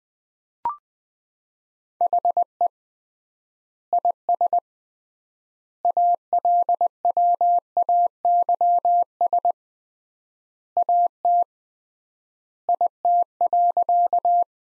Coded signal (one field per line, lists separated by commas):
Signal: Morse code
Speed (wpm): 21 wpm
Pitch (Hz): 700 Hz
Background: none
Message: HE IS ALWAYS AT IT.